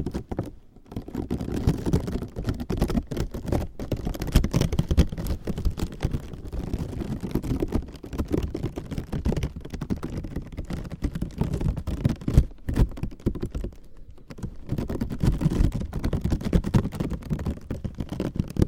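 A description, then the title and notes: Slow, gentle crinkling goes on almost without pause, a dense patter of soft rustles and small crackles sitting mostly in the low and middle range. Brief quiet gaps break it near the start and around the twelfth and fourteenth seconds. ASMR Slow & Gentle Crinkle Triggers. (No Talking).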